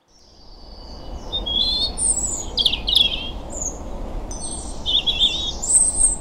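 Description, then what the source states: European robin song: a run of high, thin, liquid phrases, each shifting pitch, with brief pauses between bursts over a steady low rumble. Sings almost any morning of the year; golden, liquid, very musical tone; recorded on a February morning in suburban Edinburgh.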